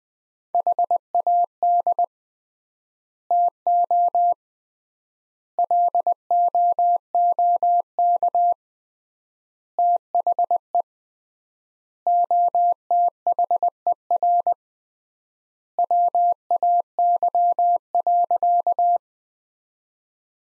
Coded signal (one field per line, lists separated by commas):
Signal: Morse code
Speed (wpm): 21 wpm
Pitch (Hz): 700 Hz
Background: none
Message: HAD TO LOOK THE OTHER WAY.